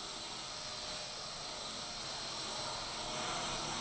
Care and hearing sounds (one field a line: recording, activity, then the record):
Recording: daily activity, microphone in the room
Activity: vacuum cleaning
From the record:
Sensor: 5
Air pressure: 1002.1 hPa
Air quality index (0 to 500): 211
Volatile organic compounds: 21 ppm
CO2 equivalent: 2737 ppm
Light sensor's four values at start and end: 10/24/10/11 and 10/24/10/11